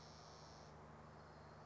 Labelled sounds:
Spotted Towhee
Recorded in Sonoma County, California

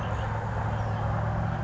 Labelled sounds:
Grasshopper Sparrow
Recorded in Sonoma County, California

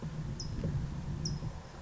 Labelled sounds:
California Towhee
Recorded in Sonoma County, California

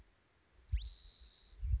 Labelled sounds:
Spotted Towhee
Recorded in Sonoma County, California

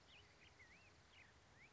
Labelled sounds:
Black-headed Grosbeak
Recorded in Sonoma County, California

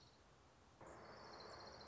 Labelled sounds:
Orange-crowned Warbler
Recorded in Sonoma County, California

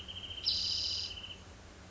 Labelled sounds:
Spotted Towhee
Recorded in Sonoma County, California

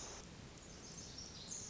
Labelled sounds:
Pacific Wren
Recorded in Sonoma County, California

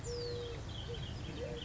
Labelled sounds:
Eurasian Collared Dove
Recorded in Sonoma County, California

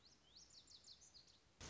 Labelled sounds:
Lazuli Bunting
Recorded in Sonoma County, California

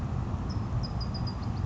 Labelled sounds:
Bewick's Wren
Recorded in Sonoma County, California

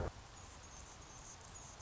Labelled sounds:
Anna's Hummingbird
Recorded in Sonoma County, California

